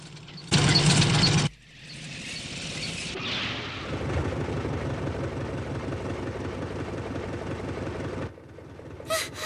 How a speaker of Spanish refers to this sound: ¡Vaya, qué maravilla! ¡Es un coche! ¡Es una banda de malhechores!